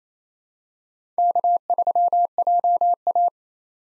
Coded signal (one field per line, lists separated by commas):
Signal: Morse code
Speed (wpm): 27 wpm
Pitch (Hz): 700 Hz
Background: none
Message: K3JA